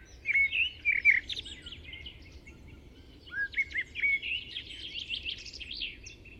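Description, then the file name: Common blackbird song: two fluted warbling phrases, one near the start and one near the middle, the second running into a thin, squeaky twitter, over a soft, steady background hiss. "Turdus merula"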